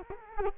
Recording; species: mosquito wingbeat signal from an infrared sensor; Culex quinquefasciatus